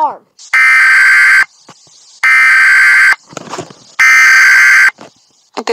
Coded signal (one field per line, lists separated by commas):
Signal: Emergency Alert System (SAME) tones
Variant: header bursts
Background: speech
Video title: Eas alarms part 1 different years and current years